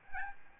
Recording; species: mosquito wingbeat signal from an infrared sensor; Aedes albopictus